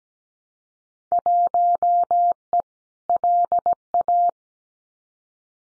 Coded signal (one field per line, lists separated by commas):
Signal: Morse code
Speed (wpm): 17 wpm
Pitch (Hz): 700 Hz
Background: none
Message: 1E LA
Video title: Field Day Exchange 17wpm